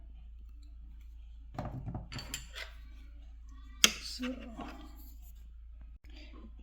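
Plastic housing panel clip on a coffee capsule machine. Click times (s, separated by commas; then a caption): 3.8 s. A screwdriver wedged between the plastic housing panels of a Nespresso Breville Vertuo Plus coffee capsule machine is pried, making scraping and creaking sounds. At 3.8 s a sharp click is heard as the side retaining clip pops free and the panel is released. Someone talks.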